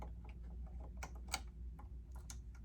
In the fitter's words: pop it in you hear a little click